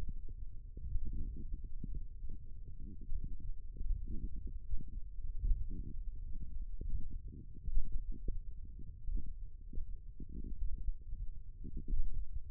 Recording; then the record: forearm muscle sounds (acoustic myography)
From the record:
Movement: index flexion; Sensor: system 1, eight BSWA MPA416 microphones around the upper forearm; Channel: 3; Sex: female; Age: 21 years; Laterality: right